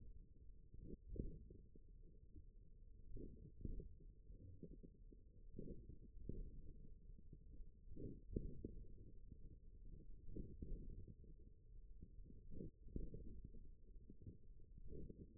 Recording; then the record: forearm muscle sounds (acoustic myography)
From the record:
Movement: thumb flexion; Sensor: system 1, eight BSWA MPA416 microphones around the upper forearm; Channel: 7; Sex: male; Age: 41 years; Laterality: right